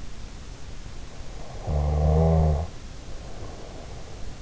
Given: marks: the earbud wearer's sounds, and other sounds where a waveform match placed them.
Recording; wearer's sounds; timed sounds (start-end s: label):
sounds in sleep by an in-ear microphone; snoring breath
1.45-4.07 s: snoring breath